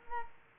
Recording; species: mosquito wingbeat signal from an infrared sensor; Culex quinquefasciatus